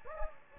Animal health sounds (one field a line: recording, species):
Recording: mosquito wingbeat signal from an infrared sensor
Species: Anopheles gambiae